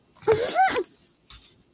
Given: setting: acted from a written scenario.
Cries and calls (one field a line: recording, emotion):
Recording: vocal sound without words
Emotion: elation